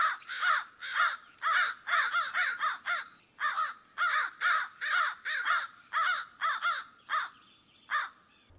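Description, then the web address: American crow cawing, a long series of harsh, rasping caws given in quick bursts, sometimes in pairs or trios, roughly two per second throughout. "Songs of Birds of North America. American Crow"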